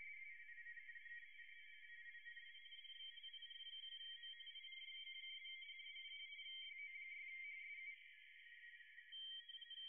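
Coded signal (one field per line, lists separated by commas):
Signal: RTTY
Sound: warbling two-tone chatter from two overlapping teletype signals, fast rhythmic burbling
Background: radio static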